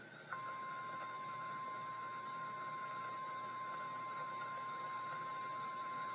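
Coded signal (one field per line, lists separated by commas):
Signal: Emergency Alert System (SAME) tones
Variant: 1050 Hz attention tone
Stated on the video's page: Real EAS tornado warning.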